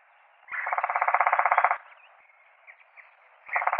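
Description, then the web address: Red-bellied woodpecker churring in a fast, even rattle of pulses lasting over a second, then starting again near the end. Recorded 4 January 2007. "Red-bellied Woodpecker 2007 01 04"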